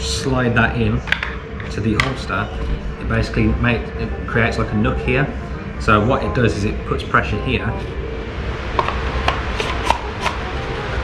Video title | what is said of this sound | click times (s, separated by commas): KRYTAC MAXIM 9 | which then clicks in place. | 9.9 s